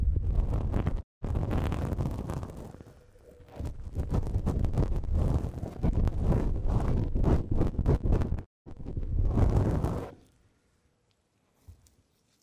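A tip brush sweeps across a microphone in rapid, scratchy strokes, a dense rustling with a heavy low rumble. The brushing pauses abruptly near 1 and 8.5 seconds and eases briefly around 3 seconds, then stops after 10 seconds, leaving near silence and one faint touch.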